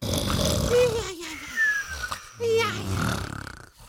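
Loud, exaggerated snoring in an adult, with a rough, rattling drone, whistling pitch glides and a fluttering buzz at the end, acted for comic effect. Snoring comes from vibrating soft tissue in a narrowed upper airway and may be a symptom of obstructive sleep apnea.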